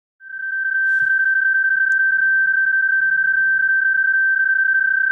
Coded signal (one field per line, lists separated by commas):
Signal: PSK31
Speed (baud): 31.25 baud